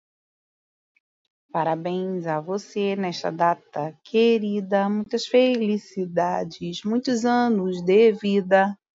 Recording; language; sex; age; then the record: short text; Brazilian Portuguese; female; 40 to 49 years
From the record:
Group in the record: control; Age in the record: 42 years